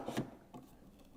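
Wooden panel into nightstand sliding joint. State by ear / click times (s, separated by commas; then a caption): not seated / none. A wooden nightstand panel is lowered onto its sliding joint and lined up so it will go in correctly, making a burst of wooden knocks and rubbing around 0.2 s and a softer knock at 0.5 s. Nothing has seated or clicked yet; the panel is still being positioned before being tapped home.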